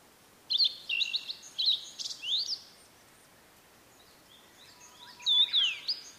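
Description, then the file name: Blue-and-white flycatcher song: two phrases of sweet whistled notes, rising and falling slurs mixed with buzzy elements, separated by a few seconds of quiet. "oruri"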